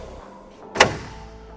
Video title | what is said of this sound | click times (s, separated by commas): This Chevy 2500 Just Killed Your Shitty Land Cruiser | That locks into place. | 0.8 s